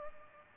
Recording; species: mosquito wingbeat signal from an infrared sensor; Culex pipiens